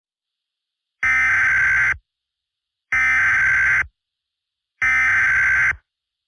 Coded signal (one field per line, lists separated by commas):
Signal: Emergency Alert System (SAME) tones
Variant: header bursts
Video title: EAS Scenario: The Deadly 2029 Virus (Part 2)